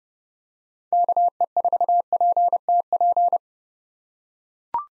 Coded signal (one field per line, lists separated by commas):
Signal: Morse code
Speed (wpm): 30 wpm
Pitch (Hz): 700 Hz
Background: none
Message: KE4PTP